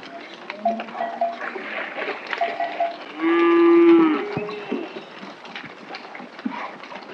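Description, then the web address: Cattle lowing, a loud harmonic moo held for under a second midway, amid a busy backdrop of shuffling, clattering and fainter calls. Cattle running. "SFXSource. Cattle Run"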